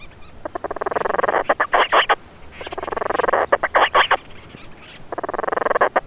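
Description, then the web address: Madeiran storm petrel giving loud, fast purring trills of rapid pulses, broken by a few separate harsh notes, with the trill returning near the end. "painho-madeira geral Vocalizacoes"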